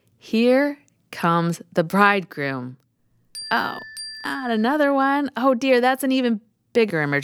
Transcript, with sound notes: “Here Comes the Bridegroom.. .” [ding] Oh no, not another one! Oh dear, that’s an even bigger emergency.